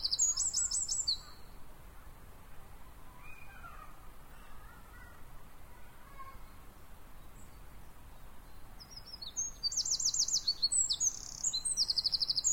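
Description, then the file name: Eurasian wren song: a burst of high, rapid trills opens, a lull follows with faint lower chirps, then another long run of shrill trilled phrases near the end. "Troglodytes troglodytes"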